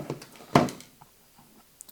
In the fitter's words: all right so you will hear a nice little click there on that